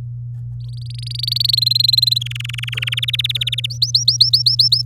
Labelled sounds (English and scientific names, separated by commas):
Domestic Canary (Serinus canaria) song